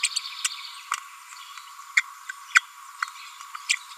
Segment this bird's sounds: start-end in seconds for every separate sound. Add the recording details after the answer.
0.03-0.06, 0.44-0.47, 1.97-2.00, 2.55-2.59, 3.69-3.73. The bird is a female. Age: 30 days. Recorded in a nest box in Venezuela. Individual 17B42A4